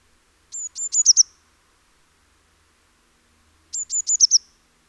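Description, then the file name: Eurasian blue tit giving two bursts of five sharp, very high notes about three seconds apart, the later notes louder, in a quiet setting. "Cyanistes caeruleus"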